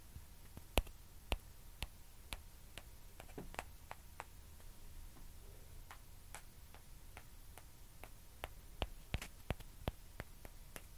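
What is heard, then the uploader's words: A ping pong ball taps in sharp, bright clicks roughly every half second, with a brief scratching patch near three seconds over a low hiss. ASMR TAPPING AND SCRATCHING WITH PING PONG BALL.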